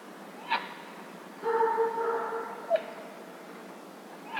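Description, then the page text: A dog gives a sustained tonal whine, with single sharp barks before and after it. Evening at a lake near a village. "Вечер на озере вблизи деревни (серая цапля, собаки)"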